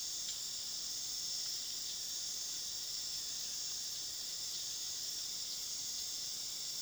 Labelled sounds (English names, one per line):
none